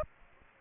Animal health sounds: mosquito wingbeat signal from an infrared sensor; Aedes aegypti

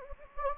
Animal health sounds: mosquito wingbeat signal from an infrared sensor; Anopheles gambiae

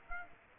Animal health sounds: mosquito wingbeat signal from an infrared sensor; Aedes aegypti

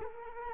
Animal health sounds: mosquito wingbeat signal from an infrared sensor; Culex quinquefasciatus

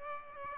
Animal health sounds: mosquito wingbeat signal from an infrared sensor; Aedes aegypti

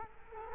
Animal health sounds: mosquito wingbeat signal from an infrared sensor; Culex quinquefasciatus

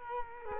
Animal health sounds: mosquito wingbeat signal from an infrared sensor; Culex quinquefasciatus

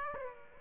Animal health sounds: mosquito wingbeat signal from an infrared sensor; Aedes aegypti

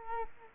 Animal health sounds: mosquito wingbeat signal from an infrared sensor; Culex quinquefasciatus

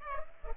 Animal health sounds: mosquito wingbeat signal from an infrared sensor; Culex pipiens

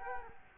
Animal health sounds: mosquito wingbeat signal from an infrared sensor; Culex quinquefasciatus

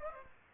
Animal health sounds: mosquito wingbeat signal from an infrared sensor; Aedes aegypti

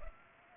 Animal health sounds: mosquito wingbeat signal from an infrared sensor; Culex pipiens

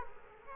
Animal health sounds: mosquito wingbeat signal from an infrared sensor; Culex quinquefasciatus

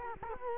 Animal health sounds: mosquito wingbeat signal from an infrared sensor; Culex quinquefasciatus

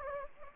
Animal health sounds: mosquito wingbeat signal from an infrared sensor; Anopheles gambiae

